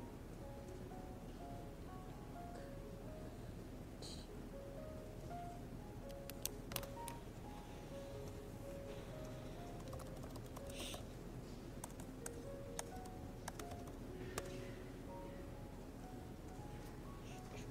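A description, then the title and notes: Yale library ambience: a steady, dense low murmur with faint voices, broken by scattered sharp clicks and taps from about six seconds on. Study with me at hogwarts (aka the yale library!).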